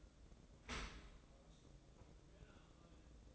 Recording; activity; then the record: daily activity, microphone in the room; open dishwasher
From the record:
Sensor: 3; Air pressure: 1012.3 hPa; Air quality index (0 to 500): 165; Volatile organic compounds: 2 ppm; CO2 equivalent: 1261 ppm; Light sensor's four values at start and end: 474/1163/479/473 and 476/1168/481/475